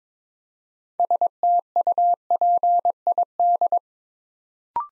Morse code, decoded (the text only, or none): STUPID